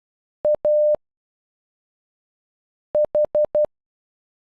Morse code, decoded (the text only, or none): A H